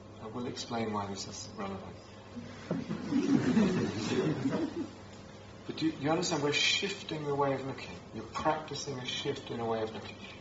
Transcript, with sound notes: I will explain why this is relevant. [laughter] But do you understand? We're shifting the way of looking. You're practising a shift in the way of looking.